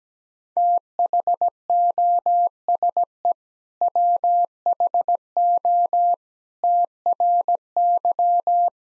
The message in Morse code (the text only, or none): THOSE WHO TRY